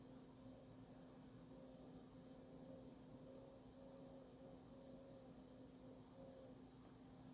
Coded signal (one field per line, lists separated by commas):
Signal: FT8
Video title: FT-8 on 80 meters at 0300 in the morning working Asia and north America from the west coast.